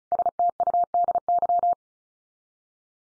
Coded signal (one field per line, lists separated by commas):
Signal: Morse code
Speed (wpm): 34 wpm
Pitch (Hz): 700 Hz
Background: none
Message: STUDY